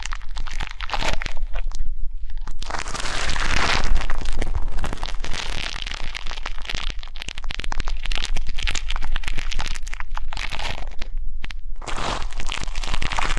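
Deep ear canal and eardrum cleaning sounds as dense, bright crackling and scratching over a low rumble, with short pauses near two and eleven seconds.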